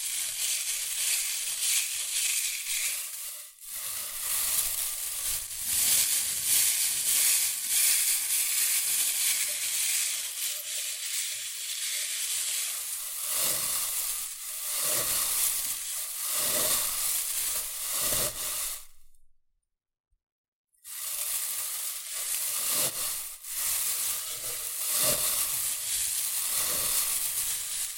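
Shredded tissue and packing peanuts rustle and crinkle in a dense, hissy stream, with sharper crackling bursts and a brief silence near twenty seconds.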